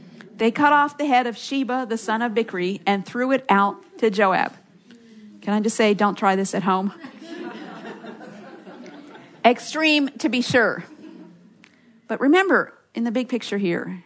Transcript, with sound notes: “They cut off the head of Sheba the son of Bichri and threw it out to Joab”. Can I just say, “Don’t try this at home!”? (laughter) Extreme to be sure! But remember the big picture here.